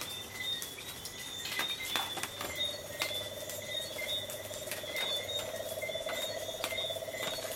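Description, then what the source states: Chorus of insects and tree frogs; high steady insect tones and clicking, then a buzzy pulsed trill starts a few seconds in and continues to the end. Coastal soundscape with tree frogs and insects calling together.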